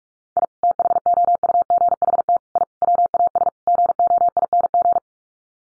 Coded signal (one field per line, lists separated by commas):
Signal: Morse code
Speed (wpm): 44 wpm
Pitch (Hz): 700 Hz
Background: none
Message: I THOUGHT I WAS GOING